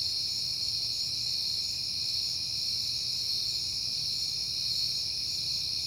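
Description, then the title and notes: Crickets chirp in a dense, steady high-pitched chorus with layered ringing tones, over a faint low rumble throughout. Crickets at night in September, recorded on a peaceful night. "Night Time: Crickets and Passing Cars. It is September and I have been hearing the crickets a lot, but finally had a peaceful night to make the recording"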